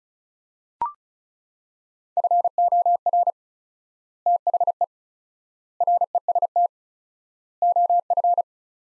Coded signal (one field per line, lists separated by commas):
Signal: Morse code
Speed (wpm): 36 wpm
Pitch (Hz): 700 Hz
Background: none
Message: FOR THE REST OF